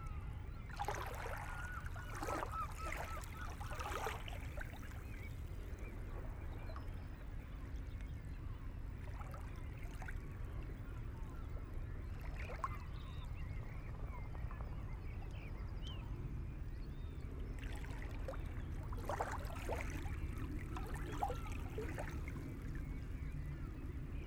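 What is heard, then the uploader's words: Early morning on a shoreline at low tide, with a steady low rumble of surf filling the background. Scattered bright calls, likely birds, come in bursts, densest near the start and again around 18–21 seconds, with a few isolated cries between. Sunrise at Botany Bay, Thanet. 4am recording on the shoreline, at low tide. Spaced omni AT4022's, with Jecklin disk, into Sound Devices 744T.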